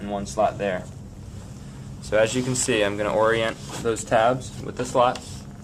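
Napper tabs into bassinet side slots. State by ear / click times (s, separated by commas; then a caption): not seated / none. Someone talks while lining up the plastic tabs of the napper/changer with the two slots on the sides of a Graco Roman GC-9E38RMN bassinet, over a steady low hum. The tabs have not yet been pressed down, so nothing has seated or clicked yet.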